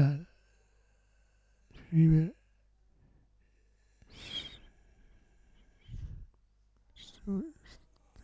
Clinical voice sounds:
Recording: read list of words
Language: Italian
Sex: male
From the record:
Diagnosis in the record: Parkinson's disease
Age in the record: 65 years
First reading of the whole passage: 164 s, 3.2 characters per second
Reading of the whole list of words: 151 s, 1.9 characters per second

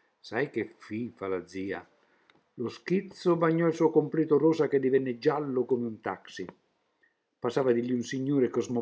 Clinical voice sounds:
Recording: read passage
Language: Italian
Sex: male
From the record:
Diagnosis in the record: healthy control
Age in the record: 76 years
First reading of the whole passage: 56 s, 9.2 characters per second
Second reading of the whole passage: 53 s, 9.7 characters per second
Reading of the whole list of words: 49 s, 5.7 characters per second

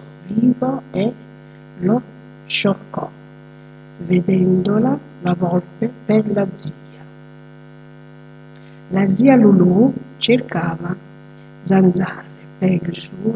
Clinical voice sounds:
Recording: read passage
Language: Italian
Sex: female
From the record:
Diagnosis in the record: healthy control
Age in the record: 62 years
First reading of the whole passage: 101 s, 4.7 characters per second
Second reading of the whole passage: 77 s, 5.9 characters per second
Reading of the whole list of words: 66 s, 3.9 characters per second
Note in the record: marked for poor recording quality or reading difficulty

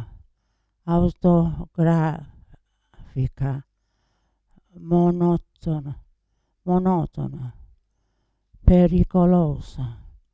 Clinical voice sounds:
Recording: read list of words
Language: Italian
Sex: female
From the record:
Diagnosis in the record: Parkinson's disease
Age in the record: 80 years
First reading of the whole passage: 169 s, 3.1 characters per second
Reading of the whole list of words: 101 s, 2.8 characters per second

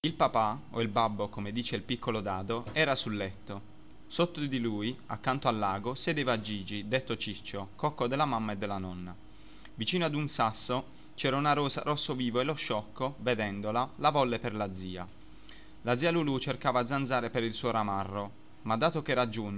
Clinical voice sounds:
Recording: read passage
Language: Italian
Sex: male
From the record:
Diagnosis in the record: healthy control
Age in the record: 21 years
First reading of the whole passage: 44 s, 11.7 characters per second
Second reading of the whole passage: 44 s, 11.8 characters per second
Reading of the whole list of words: 49 s, 5.8 characters per second

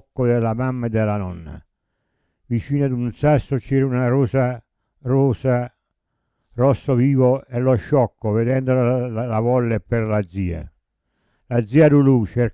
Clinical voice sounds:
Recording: read passage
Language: Italian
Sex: male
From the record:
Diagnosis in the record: Parkinson's disease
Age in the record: 70 years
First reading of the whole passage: 65 s, 7.9 characters per second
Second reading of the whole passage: 60 s, 8.6 characters per second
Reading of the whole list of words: 48 s, 5.8 characters per second

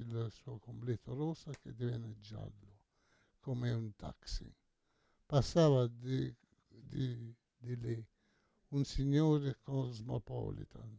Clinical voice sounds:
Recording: read passage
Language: Italian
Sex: male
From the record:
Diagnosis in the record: Parkinson's disease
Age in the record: 68 years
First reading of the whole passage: 85 s, 6.1 characters per second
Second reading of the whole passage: 63 s, 8.2 characters per second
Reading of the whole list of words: 49 s, 5.8 characters per second

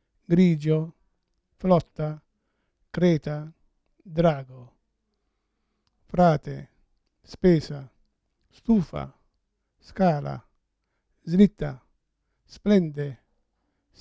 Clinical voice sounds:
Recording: read list of words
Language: Italian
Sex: male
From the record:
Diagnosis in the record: Parkinson's disease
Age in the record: 71 years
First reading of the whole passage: 62 s, 8.3 characters per second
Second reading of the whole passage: 53 s, 9.9 characters per second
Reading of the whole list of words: 66 s, 4.2 characters per second

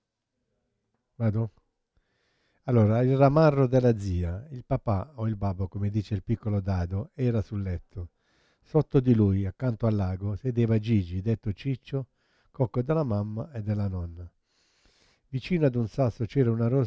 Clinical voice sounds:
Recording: read passage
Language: Italian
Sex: male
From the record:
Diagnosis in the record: Parkinson's disease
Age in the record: 71 years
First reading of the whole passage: 50 s, 10.4 characters per second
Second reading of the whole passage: 45 s, 11.4 characters per second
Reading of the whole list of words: 37 s, 7.6 characters per second

